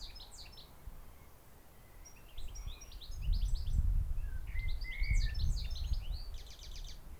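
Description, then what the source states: Birds singing: several high, quick twittering phrases and chirps overlapping, with a buzzy trill near the end, over a low rumbling background that swells midway. Recorded down the hill at Auquainville, France, during a 2001 holiday.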